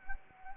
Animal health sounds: mosquito wingbeat signal from an infrared sensor; Anopheles arabiensis

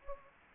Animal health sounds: mosquito wingbeat signal from an infrared sensor; Anopheles gambiae

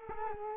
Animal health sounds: mosquito wingbeat signal from an infrared sensor; Culex quinquefasciatus

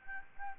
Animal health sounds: mosquito wingbeat signal from an infrared sensor; Aedes albopictus

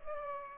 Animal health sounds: mosquito wingbeat signal from an infrared sensor; Culex pipiens

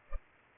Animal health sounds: mosquito wingbeat signal from an infrared sensor; Culex pipiens

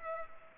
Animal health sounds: mosquito wingbeat signal from an infrared sensor; Culex pipiens

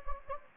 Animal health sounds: mosquito wingbeat signal from an infrared sensor; Anopheles gambiae

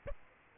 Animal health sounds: mosquito wingbeat signal from an infrared sensor; Aedes aegypti

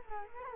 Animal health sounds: mosquito wingbeat signal from an infrared sensor; Culex quinquefasciatus

